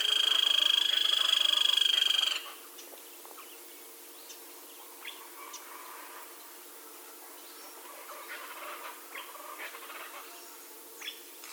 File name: grey crowned woodpecker